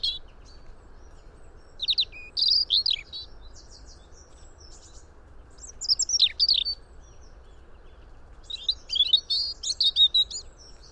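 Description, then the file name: European robin song in spaced bursts: thin, high, jumbled twittering phrases roughly every three to four seconds, over a faint constant hum. "Erithacus rubecula"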